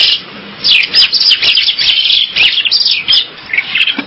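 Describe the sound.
Bird song of quick chirps and twittering notes in bursts, with a brief quieter pause near the start and again toward the end.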